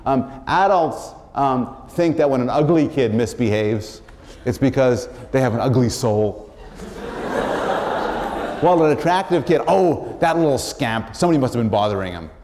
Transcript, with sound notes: Adults think that when an ugly kid misbehaves it’s because they have an ugly soul [laughter] while the attractive kid, “oh, that little scamp, somebody must have been bothering him.”